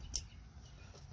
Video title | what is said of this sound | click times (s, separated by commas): Kia Forte High Beam Bulb How to Change Replace 2018 and Others Similar | slap it together you should hear a snap | 0.2 s